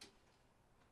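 A motherboard's rear I/O shield is handled at the rear opening of a PC case, lined up so the audio ports sit at the bottom, before being pushed in until its metal tabs snap into place. A brief, sharp tick sounds at the very start, followed by quiet, low handling noise for the rest of the clip. Nothing has seated or clicked into place yet.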